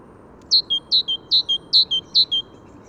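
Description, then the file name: Great tit: five clear two-note phrases, each a high downslurred note dropping to a lower one, repeated evenly over a low steady background hum. "Parus major"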